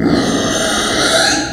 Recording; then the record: squeal of a Yucatan mini pig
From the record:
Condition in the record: before surgery on the right vocal fold (resection and tissue-engineered implant); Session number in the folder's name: 3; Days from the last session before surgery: 0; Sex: female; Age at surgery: 19 weeks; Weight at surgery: 25 kg